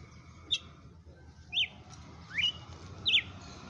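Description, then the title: Red-cowled cardinal gives a few scattered, sharp, falling whistled notes amid low background rumble and hiss. Female bird named Fenrir, singing in the song style called açoite selvagem. "Canto Galo Campina Fêmea 07. Galo de campina FENRIR no AÇOITE SELVAGEM"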